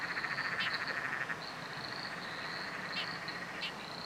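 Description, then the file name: Frogs calling together, a brief pulsed trill at the start, then longer high notes and occasional sharp clicks. Several frogs calling in chorus at night under a bridge, Royal National Park. "nocturnal frog chorus under a bridge royal national park"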